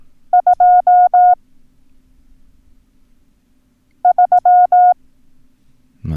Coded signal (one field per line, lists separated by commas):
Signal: Morse code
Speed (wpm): 17 wpm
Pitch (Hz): 720 Hz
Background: none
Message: 23